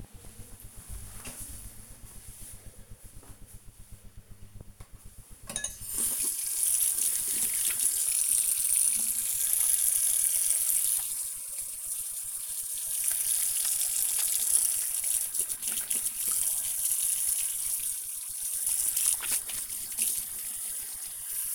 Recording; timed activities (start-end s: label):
household activities, microphone on the right wrist
3.97-21.55 s: washing hands